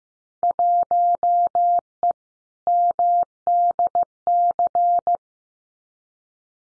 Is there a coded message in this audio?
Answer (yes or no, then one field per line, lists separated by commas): yes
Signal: Morse code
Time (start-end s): 0.4-5.2 s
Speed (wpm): 15 wpm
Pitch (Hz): 700 Hz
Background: none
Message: 1E MDC